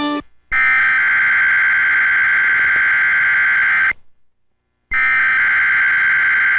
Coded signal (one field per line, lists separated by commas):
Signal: Emergency Alert System (SAME) tones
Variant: header bursts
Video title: WKGB-TV EAS Required Weekly Test (60 FPS + Increased Volume)